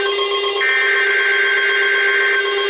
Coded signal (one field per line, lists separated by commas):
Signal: Emergency Alert System (SAME) tones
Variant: header bursts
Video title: (EAS #948-949) Required Weekly Test On KIH38 And KJY83 7/17/2024